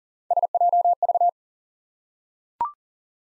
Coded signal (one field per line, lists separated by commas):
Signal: Morse code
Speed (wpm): 42 wpm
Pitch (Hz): 700 Hz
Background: none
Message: SJV